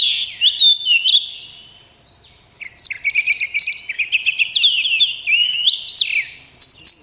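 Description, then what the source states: Oriental magpie-robin song: sweeping whistles, a short quiet break, then a fast rolling run of repeated chirping notes and slurred whistles. Tutoring (masteran) song in a rolling style (ngerol).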